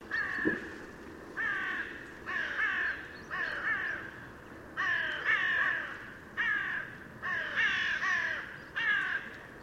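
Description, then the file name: Carrion crow giving repeated hoarse caws, paired or single calls every second or so throughout, with a brief low thump near the start. "Corvus corone"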